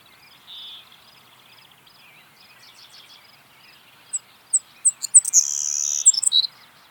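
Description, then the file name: Savannah sparrow singing after a quiet start with a brief faint note: accelerating high chips lead into a sustained sizzling buzz and a short lower buzzy finish. "Passerculus sandwichensis - Savannah Sparrow"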